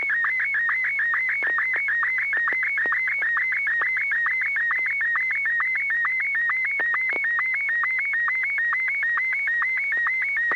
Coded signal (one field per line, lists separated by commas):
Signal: SSTV (slow-scan television)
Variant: Martin 1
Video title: N6NA SSTV Net - 03/31/2021